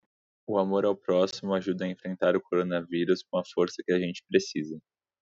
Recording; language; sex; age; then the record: spoken sentence; Brazilian Portuguese; male; 20 to 29 years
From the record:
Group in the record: control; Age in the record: 26 years